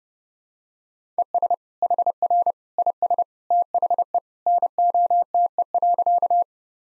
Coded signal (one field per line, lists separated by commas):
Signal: Morse code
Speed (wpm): 30 wpm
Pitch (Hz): 700 Hz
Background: none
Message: ES HR IS THE NOTE.